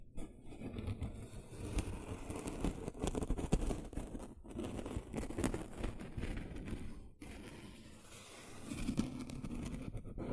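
Gentle scratching fills the clip, a dense, continuous rustle of quick scraping strokes with a low rumble underneath. Brief pauses fall near 4.4 and 7.2 seconds, and the scratching swells slightly louder again around 9 seconds.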